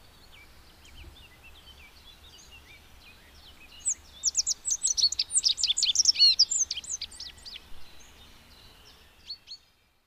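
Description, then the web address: Rock bunting song: soft, lower twitters at first, then a loud, rapid jingle of high, thin notes for about five seconds, closing with a single chirp. "agykontroll Madardalok Cd 2. Bajszos sármány"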